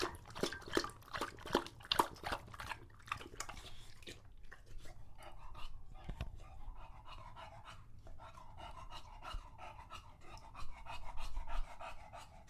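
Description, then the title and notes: English Bulldog drinking, wet splashy strokes at first, then quieter, more even strokes. Male English Bulldog named Lucho drinking from a water bowl after a long walk, heavily out of breath between drinks. "English Bulldog Drinks from Water Bowl - Weird Sounds. Lucho the English Bulldog as he tries to drink water after a long walk. Don't let his heavy breathing fool you in between drinks, he's equally out of breath from the walk"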